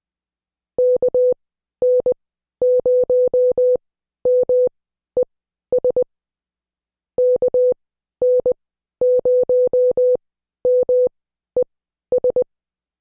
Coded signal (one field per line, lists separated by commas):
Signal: Morse code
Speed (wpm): 20 wpm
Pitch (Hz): 500 Hz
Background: none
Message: KN0MES KN0MES